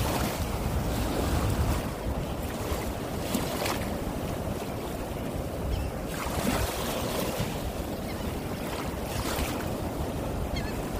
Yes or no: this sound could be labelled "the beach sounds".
yes